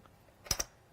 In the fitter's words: piece down and it locks into place right so it's locked